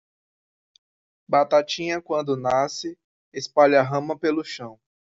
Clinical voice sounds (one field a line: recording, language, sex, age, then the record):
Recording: short text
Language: Brazilian Portuguese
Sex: male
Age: 20 to 29 years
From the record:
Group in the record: control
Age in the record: 28 years